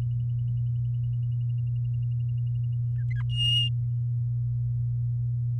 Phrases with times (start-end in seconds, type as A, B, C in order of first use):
3.10-3.22 A, 3.29-3.69 B